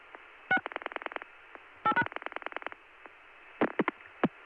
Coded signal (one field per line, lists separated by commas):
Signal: DTMF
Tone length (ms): 80 ms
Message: 6 8#